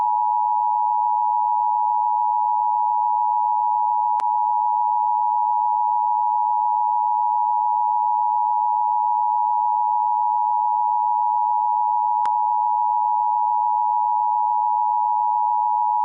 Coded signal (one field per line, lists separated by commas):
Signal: Emergency Alert System (SAME) tones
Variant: 853 and 960 Hz attention tone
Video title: EAS Scenario: G4 Shutdown